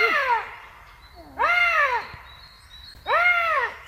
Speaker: Und so hört es sich an, wenn ein Luchs ruft.